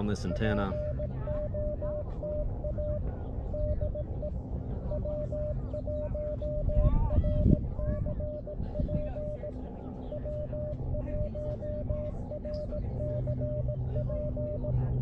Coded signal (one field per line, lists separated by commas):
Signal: Morse code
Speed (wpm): 18 wpm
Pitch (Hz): 600 Hz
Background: speech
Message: POTA DE W1RCP W1RCP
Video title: Stone Mountain Georgia #SOTA & #POTA w/ Elecraft KX2 and MFJ-1898 #hamRadio #CW #SSB